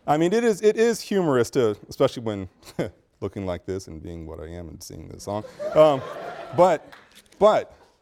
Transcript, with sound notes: I mean it is, it is humorous, especially when looking like this, and being what I am, and singing this song. [Students laugh] But, but